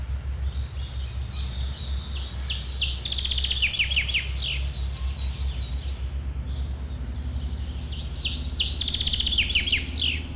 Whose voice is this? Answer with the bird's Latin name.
Fringilla coelebs